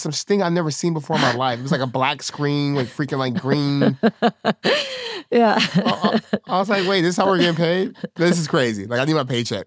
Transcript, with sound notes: It's something I've never seen before in my life. It was like a black screen with freaking green. [laughs] Yes. I was like, "Wait, this is how we're getting paid? This is crazy. I need my paycheck."